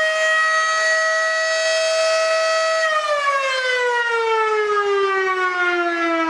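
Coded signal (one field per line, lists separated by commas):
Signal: siren signal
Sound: loud mechanical siren wail, holding a steady pitch, then sliding lower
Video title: Federal Signal Model 5OC Pager/Siren Test, Attack, Bellport, NY 5/18/2023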